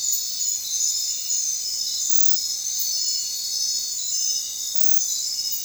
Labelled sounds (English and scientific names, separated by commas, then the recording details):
none
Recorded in secondary vegetation near Puerto Asís, Putumayo, Colombia, on 29 June 2025 at 22:30
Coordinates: 0.499, -76.323
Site G077